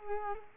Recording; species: mosquito wingbeat signal from an infrared sensor; Culex quinquefasciatus